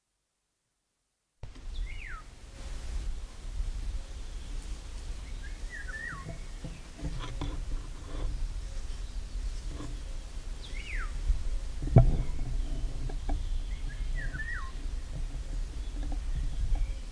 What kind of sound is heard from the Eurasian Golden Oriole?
song